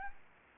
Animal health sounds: mosquito wingbeat signal from an infrared sensor; Anopheles gambiae

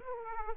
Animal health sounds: mosquito wingbeat signal from an infrared sensor; Aedes aegypti

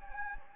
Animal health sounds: mosquito wingbeat signal from an infrared sensor; Anopheles gambiae

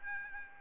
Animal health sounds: mosquito wingbeat signal from an infrared sensor; Aedes albopictus

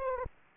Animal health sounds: mosquito wingbeat signal from an infrared sensor; Aedes aegypti

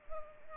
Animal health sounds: mosquito wingbeat signal from an infrared sensor; Culex pipiens

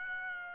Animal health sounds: mosquito wingbeat signal from an infrared sensor; Aedes aegypti

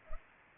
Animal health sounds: mosquito wingbeat signal from an infrared sensor; Culex pipiens

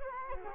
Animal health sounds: mosquito wingbeat signal from an infrared sensor; Culex quinquefasciatus

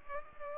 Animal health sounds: mosquito wingbeat signal from an infrared sensor; Culex pipiens

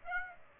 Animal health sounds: mosquito wingbeat signal from an infrared sensor; Aedes aegypti

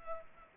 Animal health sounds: mosquito wingbeat signal from an infrared sensor; Culex pipiens

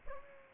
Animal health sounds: mosquito wingbeat signal from an infrared sensor; Aedes aegypti

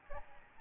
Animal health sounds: mosquito wingbeat signal from an infrared sensor; Aedes albopictus

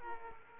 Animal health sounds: mosquito wingbeat signal from an infrared sensor; Aedes aegypti

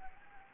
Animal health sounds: mosquito wingbeat signal from an infrared sensor; Anopheles arabiensis

